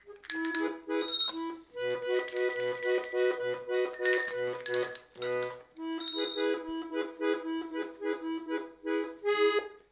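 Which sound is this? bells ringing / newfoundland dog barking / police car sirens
bells ringing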